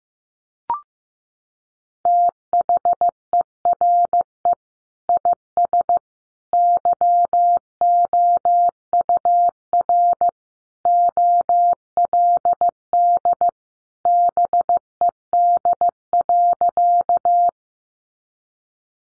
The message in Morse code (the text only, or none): THERE IS YOUR OLD BED.